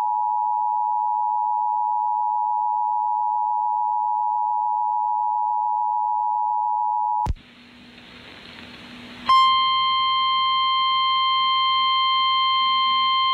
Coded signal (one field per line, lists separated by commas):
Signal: Emergency Alert System (SAME) tones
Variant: 853 and 960 Hz attention tone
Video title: IL And IN SVR EAS #686